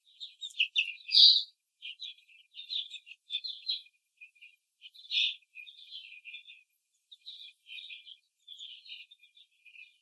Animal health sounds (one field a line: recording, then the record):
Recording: young laying hens in a cage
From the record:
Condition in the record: control cage, after the stress test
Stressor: none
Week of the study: 4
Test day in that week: 3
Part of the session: 2